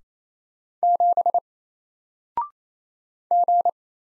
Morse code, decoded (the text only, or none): 7 G